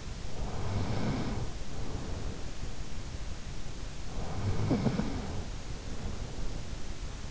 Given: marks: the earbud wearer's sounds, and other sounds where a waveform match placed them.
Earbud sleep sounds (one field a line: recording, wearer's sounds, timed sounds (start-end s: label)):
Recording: sounds in sleep by an in-ear microphone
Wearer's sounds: breath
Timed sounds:
0.27-2.89 s: breath
4.07-7.31 s: breath